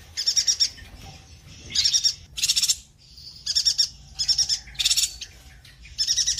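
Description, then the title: Streaked spiderhunter: repeated dry, rattling bursts of stuttered notes, several in quick succession with short gaps. Bird-tutoring (masteran) song of a vigorously singing bird, clear and long. "Pijantung Gunung Gacor Jernih Panjang"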